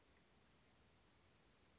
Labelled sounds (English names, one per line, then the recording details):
Western Flycatcher
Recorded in Sonoma County, California